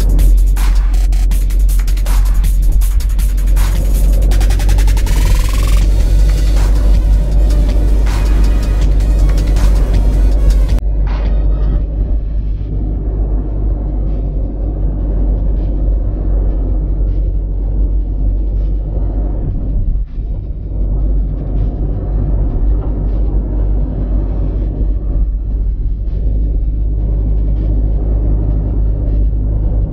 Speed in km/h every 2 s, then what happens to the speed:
24, 26, 26, 27, 27, 29, 29, 27, 27, 27, 27, 27, 29, 29, 29.
0-30 steady at about 27.